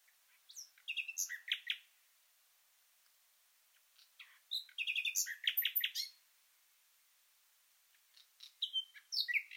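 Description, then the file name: Common nightingale singing short separated phrases of sharp clicks, chirps and quick buzzy notes, with silent gaps of a few seconds between them. "Luscinia megarhynchos"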